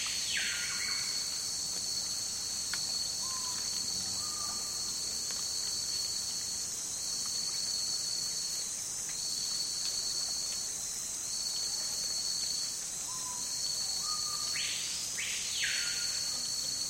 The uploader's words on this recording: Hot Afternoon In The Amazon. Slow soundscapes from the Amazon rainforest.